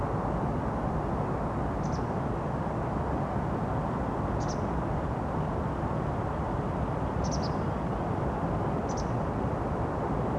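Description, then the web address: White wagtail flight calls: four brief, thin, high chips spaced a couple of seconds apart over a steady, loud roar of background noise. Nocturnal flight call recorded in Beijing, China, on 30 April 2024 at about 04:07. "White Wagtail series. beijing nocturnal flight call library"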